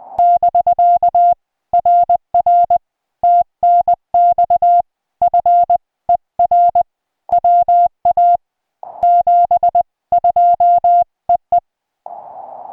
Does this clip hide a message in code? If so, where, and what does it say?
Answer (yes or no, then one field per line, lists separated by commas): yes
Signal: Morse code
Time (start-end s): 0.2-11.6 s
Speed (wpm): 18 wpm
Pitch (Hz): 700 Hz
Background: music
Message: <BK> RR TNX FER WA 72 EE